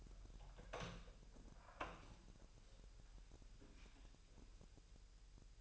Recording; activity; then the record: daily activity, microphone in the room; open door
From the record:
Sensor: 2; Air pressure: 1001.0 hPa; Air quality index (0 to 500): 248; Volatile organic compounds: 94 ppm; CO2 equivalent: 3714 ppm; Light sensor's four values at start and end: 9/23/9/9 and 10/23/9/10